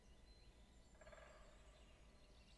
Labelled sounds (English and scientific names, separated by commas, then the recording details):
Great Spotted Woodpecker (Dendrocopos major)
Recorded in Germany
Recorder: ecoPi